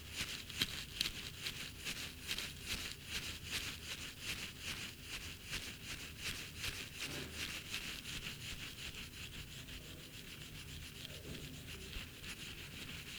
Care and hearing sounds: daily activity, guitar pickup as the sensor; brush teeth

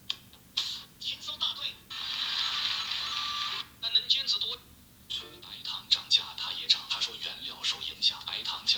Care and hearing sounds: daily activity, guitar pickup as the sensor; browse video

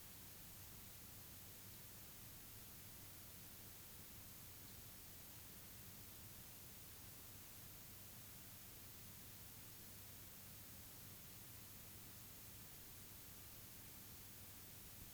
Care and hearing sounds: daily activity, guitar pickup as the sensor; lie down

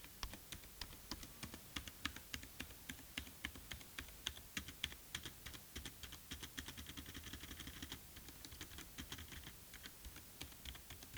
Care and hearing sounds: daily activity, guitar pickup as the sensor; type

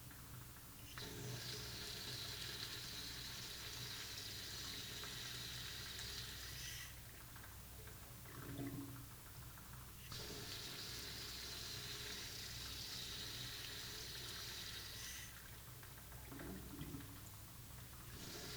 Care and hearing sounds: daily activity, guitar pickup as the sensor; flush

